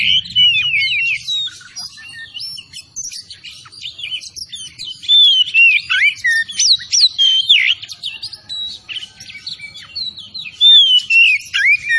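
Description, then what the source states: Oriental magpie-robin keeps up a busy stream of sliding whistles and sharp chirps, with loud phrases near the start, middle and end. Kacer Tretes bird, singing vigorously (gacor).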